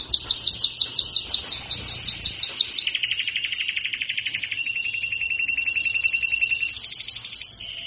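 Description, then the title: Belgian canary song: rapid high pulses, then a lower rattling trill, then sustained high whistled notes over a lower trill. Belgian canary male singing to warm up, or stimulate, a female. "Canario Belga. Canario Galador Esquenta Qualquer Femea"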